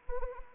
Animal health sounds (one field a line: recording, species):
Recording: mosquito wingbeat signal from an infrared sensor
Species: Anopheles arabiensis